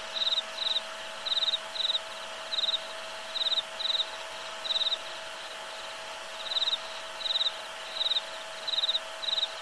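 Cricket chirping, short pulsed high trills often in groups of two or three, with uneven pauses, over a steady low hum.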